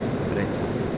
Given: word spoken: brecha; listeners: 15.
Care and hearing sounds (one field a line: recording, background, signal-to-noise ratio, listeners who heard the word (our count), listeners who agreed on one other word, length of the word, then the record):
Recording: one Spanish word in noise, from a listening test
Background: speech-shaped noise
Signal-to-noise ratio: -4.9 dB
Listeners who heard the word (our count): 1 of 15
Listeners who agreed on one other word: 12 of 15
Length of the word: 0.58 s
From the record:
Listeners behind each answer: 12, 1, 1, 1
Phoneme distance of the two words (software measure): 20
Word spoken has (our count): 2 syllables, 5 phonemes, stress on syllable 1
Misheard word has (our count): 2 syllables, 5 phonemes, stress on syllable 1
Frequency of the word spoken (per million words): 7.65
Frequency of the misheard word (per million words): 7.08